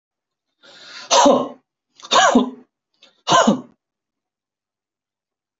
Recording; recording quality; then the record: heavy voluntary cough; excellent, no background noise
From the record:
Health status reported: COVID-19 positive, mild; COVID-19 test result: positive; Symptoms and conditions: cough, cold, fever, fatigue, hypertension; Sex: male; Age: 60 years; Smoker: not ticked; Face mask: not worn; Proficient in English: yes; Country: India